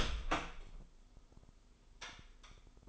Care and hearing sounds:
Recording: daily activity, microphone in the room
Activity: open door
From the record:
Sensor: 5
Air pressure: 996.3 hPa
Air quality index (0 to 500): 35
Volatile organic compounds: 1 ppm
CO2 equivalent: 594 ppm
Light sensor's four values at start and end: 43/101/42/44 and 43/100/42/44

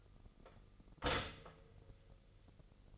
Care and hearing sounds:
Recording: daily activity, microphone in the room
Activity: stop toaster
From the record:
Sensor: 4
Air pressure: 989.4 hPa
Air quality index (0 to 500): 217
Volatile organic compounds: 69 ppm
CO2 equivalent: 3506 ppm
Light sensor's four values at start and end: 23/82/30/32 and 23/81/30/32

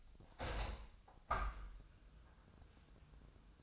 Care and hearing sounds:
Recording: daily activity, microphone in the room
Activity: open window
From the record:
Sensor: 2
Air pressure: 1004.5 hPa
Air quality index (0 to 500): 118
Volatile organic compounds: 3 ppm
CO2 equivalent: 1429 ppm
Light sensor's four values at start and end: 6/14/5/6 and 6/14/5/6

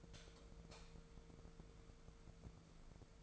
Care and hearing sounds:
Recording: daily activity, microphone in the room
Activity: light off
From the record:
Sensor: 5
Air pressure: 1014.7 hPa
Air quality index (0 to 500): 154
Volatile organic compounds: 4 ppm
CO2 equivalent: 1690 ppm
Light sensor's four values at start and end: 188/452/191/210 and 188/450/191/209

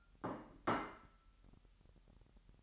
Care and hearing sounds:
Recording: daily activity, microphone in the room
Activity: place plate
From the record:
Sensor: 3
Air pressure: 1002.0 hPa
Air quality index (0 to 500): 247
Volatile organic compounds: 51 ppm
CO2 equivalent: 3305 ppm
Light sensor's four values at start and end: 12/36/16/13 and 12/36/16/13

